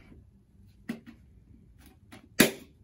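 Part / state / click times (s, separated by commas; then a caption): face plate onto water tank level gauge body / seated / 2.4 s. The plastic face plate of a water tank level gauge is pressed back onto the gauge body over its o-ring, with a few light handling taps around 0.9, 1.1, 1.9 and 2.1 seconds. A sharp, loud snap at 2.4 seconds marks the face plate snapping into place, seated on the gauge.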